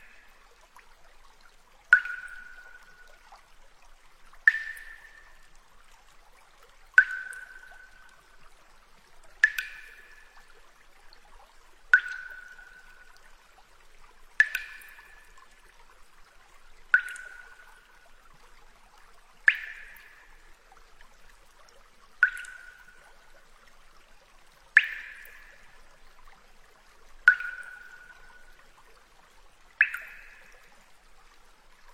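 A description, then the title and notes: Water droplets fall one at a time in an underground river cave, about every two and a half seconds with steady regularity. Each drop lands with a crisp plink and a short, bright ringing tone that fades quickly. Between drops there is near silence. The gentle water droplets of the underground river.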